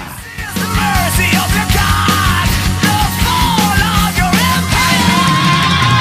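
A loud, enthusiastic yell rings out over several seconds, a strained, high-pitched voice rising and falling in long bursts against a dense, busy background.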